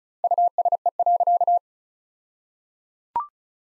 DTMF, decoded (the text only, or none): none